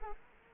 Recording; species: mosquito wingbeat signal from an infrared sensor; Culex quinquefasciatus